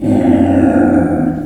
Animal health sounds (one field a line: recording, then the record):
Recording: squeal of a Yucatan mini pig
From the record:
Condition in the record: after surgery on the right vocal fold (resection and tissue-engineered implant)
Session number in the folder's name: 2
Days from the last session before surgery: 18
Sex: female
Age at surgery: 19 weeks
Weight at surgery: 25 kg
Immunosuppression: prednisolone